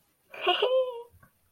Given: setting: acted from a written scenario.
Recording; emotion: vocal sound without words; pride